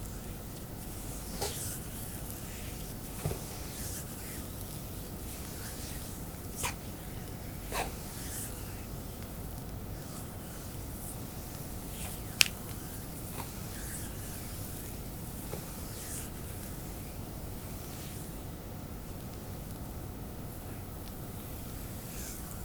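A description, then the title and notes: A Chinese fire massage session: a steady, low rumbling hiss runs throughout. Soft brushing taps and light puffs surface every few seconds, and one sharp, bright click stands out just past the twelve-second mark. ASMR Chinese Fire Massage.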